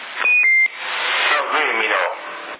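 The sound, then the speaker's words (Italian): A telephone gives two quick, high electronic beeps, the second a little lower in pitch, and then people talk over a steady background murmur. “No, il telefono senz'altro.”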